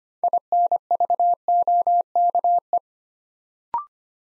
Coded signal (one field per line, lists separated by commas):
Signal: Morse code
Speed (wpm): 25 wpm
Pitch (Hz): 700 Hz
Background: none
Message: INVOKE